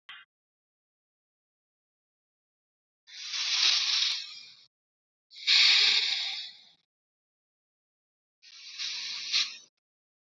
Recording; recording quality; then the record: deep breathing; excellent, no background noise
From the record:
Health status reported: COVID-19 positive, mild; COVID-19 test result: positive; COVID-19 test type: RT-PCR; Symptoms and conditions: cold, fever, muscle pain, diabetes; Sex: male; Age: 32 years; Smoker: no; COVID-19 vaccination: one dose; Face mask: not worn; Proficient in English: yes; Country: India